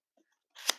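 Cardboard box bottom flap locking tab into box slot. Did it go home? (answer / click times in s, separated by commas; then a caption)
yes / 0.7 s. The bottom flap of a folding cardboard retail box is folded down and pressed closed, and after a few faint ticks a rising papery rustle builds from about 0.55 s. Its locking tab snaps into the slot with a sharp click at 0.7 s, then the sound fades quickly. The audible locking sound shows the box is locked in well.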